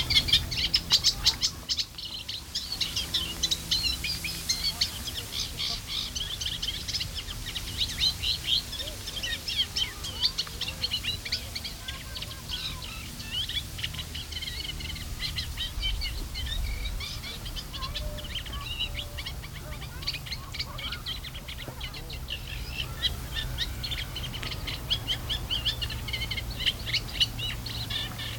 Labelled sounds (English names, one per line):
Eurasian Reed Warbler